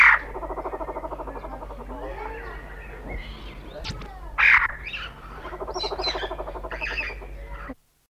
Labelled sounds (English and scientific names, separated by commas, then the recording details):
Bronze-tailed Peacock-Pheasant (Polyplectron chalcurum) call
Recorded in captivity
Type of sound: call
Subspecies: chalcurum
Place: Vogelpark Walsrode, Niedersachsen, DE
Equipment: Halbspur, 9,5 cm/s
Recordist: Lütgens, Hans
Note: Aggressiv